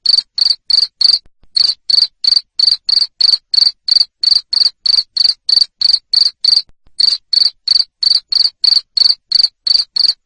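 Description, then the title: Shrill cricket chirping, quick trilled pulses in a steady run of about three per second, with a couple of short breaks. Loud cricket chirping used to make lovebirds keep singing (ngekek). "Suara JANGKRIK NGERIK Keras Bikin LOVEBIRD Jadi NGEKEK Terus Vubey"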